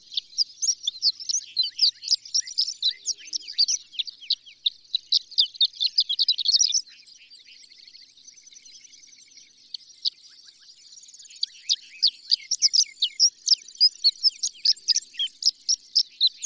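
Horned lark giving high tinkling twitters in a fast stream. The song drops to a faint thin trill for a few seconds, then resumes with sharp, sputtering notes.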